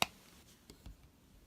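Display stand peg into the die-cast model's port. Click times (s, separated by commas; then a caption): 0.0 s. A die-cast Hot Wheels Star Wars Republic Attack Cruiser starship is pushed onto the peg of its plastic display stand, with the peg going into the model's port. A sharp click at 0.0 s shows the peg is seated, followed by two much fainter ticks around 0.7 s and 0.9 s.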